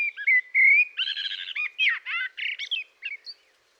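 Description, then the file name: Eurasian blackbird delivering a continuous song phrase of mellow whistles, then dense chattering and squeaky high notes that trail off. "Turdus merula"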